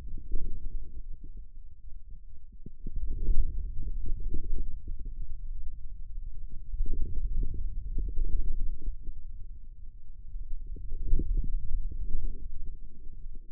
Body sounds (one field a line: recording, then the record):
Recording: forearm muscle sounds (acoustic myography)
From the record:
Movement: hand opening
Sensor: system 2, bracelet of six BSWA MPA416 microphones around the upper forearm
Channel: 6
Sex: male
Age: 22 years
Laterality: right